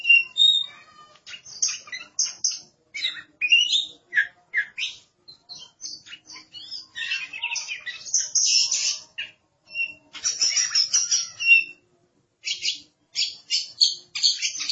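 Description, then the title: Oriental magpie-robin song in rapid bursts of scratchy, chattering and whistled notes, separated by short gaps, with harsher squawk-like phrases throughout. "Suara Kicauan Burung Kacer"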